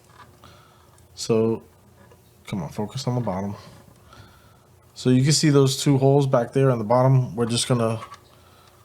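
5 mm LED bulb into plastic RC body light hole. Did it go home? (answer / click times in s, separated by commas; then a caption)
no / none. Someone talks while preparing to push 5 mm LED rear light bulbs into the two holes at the bottom rear of a hard-plastic INJORA IR40 Half Truck RC body, with a few faint brief ticks at about 0.4, 1.0 and 4.1 seconds. The clip ends before the bulbs go home, so nothing has seated or clicked yet.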